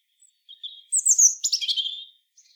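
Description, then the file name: European robin singing one short, high phrase: a soft thin note, then a bright whistle that breaks into rapid tumbling twitters, with a faint closing note. "Erithacus rubecula"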